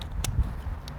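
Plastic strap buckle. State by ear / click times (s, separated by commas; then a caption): seated / 0.2 s. The plastic side-release buckle on the left-front strap of a Saddlemen TS3200 Deluxe motorcycle tail bag is latched after the strap is brought around the bar. A sharp, bright click at 0.3 seconds shows the buckle locking in, with fainter ticks near the start and end over a low rumble. The buckle is seated.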